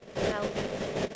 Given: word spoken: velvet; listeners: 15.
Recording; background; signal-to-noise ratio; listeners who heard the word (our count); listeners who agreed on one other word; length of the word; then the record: one English word in noise, from a listening test; noise modulated by three-talker babble; -7.5 dB; 0 of 15; 9 of 15; 0.75 s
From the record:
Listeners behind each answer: 9, 1, 1, 1, 1, 1, 1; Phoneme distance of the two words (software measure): 34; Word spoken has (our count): 2 syllables, 6 phonemes, stress on syllable 1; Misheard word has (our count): 1 syllable, 4 phonemes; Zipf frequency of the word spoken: 3.63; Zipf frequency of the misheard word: 5.75